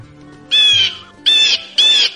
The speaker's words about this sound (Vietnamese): Cửu phong phát ra tiếng kêu uy hiếp cao vút với cái cửa hàng.